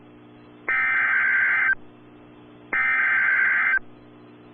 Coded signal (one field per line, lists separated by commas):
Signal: Emergency Alert System (SAME) tones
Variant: header bursts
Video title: Severe Thunderstorm Warning (Seminole, Pontotoc, McClain Counties, OK) (3/29/25) [EAS #100]